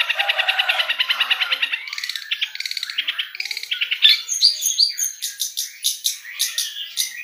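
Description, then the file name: Long-tailed Shrike song: a fast run of buzzy, high chattering notes, then a varied series of sharp chips. "suara cendet"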